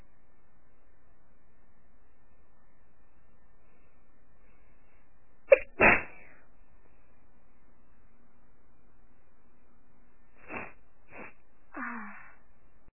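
One loud, forceful sneeze, then three softer sneezes in quick succession from an adult woman.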